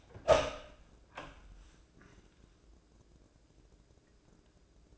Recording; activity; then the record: daily activity, microphone in the room; open door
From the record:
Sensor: 2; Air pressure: 1012.2 hPa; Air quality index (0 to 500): 164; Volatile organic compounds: 2 ppm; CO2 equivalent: 1194 ppm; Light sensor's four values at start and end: 308/767/310/321 and 298/741/299/309